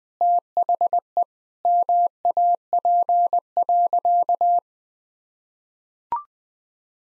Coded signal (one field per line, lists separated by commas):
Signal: Morse code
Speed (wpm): 21 wpm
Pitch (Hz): 700 Hz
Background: none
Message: THE MAP.